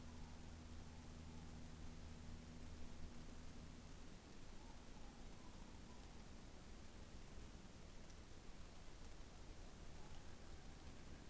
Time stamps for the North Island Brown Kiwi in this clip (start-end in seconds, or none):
none